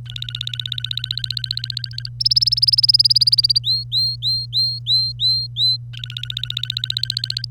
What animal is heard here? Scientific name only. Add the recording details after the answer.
Serinus canaria. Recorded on 25 April 2018 at 08:07. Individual llb3